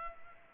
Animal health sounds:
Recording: mosquito wingbeat signal from an infrared sensor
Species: Culex pipiens

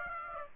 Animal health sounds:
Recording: mosquito wingbeat signal from an infrared sensor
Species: Aedes aegypti

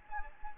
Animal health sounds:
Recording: mosquito wingbeat signal from an infrared sensor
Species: Anopheles gambiae

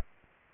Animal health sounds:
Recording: mosquito wingbeat signal from an infrared sensor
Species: Aedes albopictus

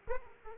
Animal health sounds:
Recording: mosquito wingbeat signal from an infrared sensor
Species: Aedes aegypti

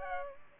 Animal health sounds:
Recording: mosquito wingbeat signal from an infrared sensor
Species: Culex pipiens

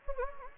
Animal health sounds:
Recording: mosquito wingbeat signal from an infrared sensor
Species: Anopheles gambiae

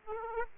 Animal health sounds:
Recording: mosquito wingbeat signal from an infrared sensor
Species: Aedes aegypti

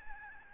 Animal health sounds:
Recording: mosquito wingbeat signal from an infrared sensor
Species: Aedes albopictus

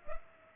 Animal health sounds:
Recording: mosquito wingbeat signal from an infrared sensor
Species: Culex pipiens

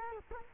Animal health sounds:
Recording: mosquito wingbeat signal from an infrared sensor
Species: Culex quinquefasciatus

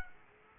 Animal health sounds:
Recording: mosquito wingbeat signal from an infrared sensor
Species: Aedes aegypti

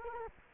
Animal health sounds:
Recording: mosquito wingbeat signal from an infrared sensor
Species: Culex quinquefasciatus

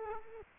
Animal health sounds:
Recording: mosquito wingbeat signal from an infrared sensor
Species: Culex quinquefasciatus

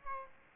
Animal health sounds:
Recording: mosquito wingbeat signal from an infrared sensor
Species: Aedes albopictus

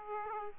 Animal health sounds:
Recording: mosquito wingbeat signal from an infrared sensor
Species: Aedes aegypti

